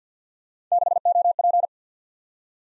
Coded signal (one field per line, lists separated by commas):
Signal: Morse code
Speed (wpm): 50 wpm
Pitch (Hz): 700 Hz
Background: none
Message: 6OP